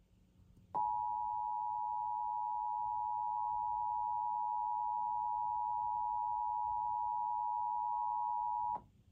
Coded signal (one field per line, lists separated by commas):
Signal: Emergency Alert System (SAME) tones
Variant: 853 and 960 Hz attention tone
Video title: EAS #3045 IL RMT on WGN-TV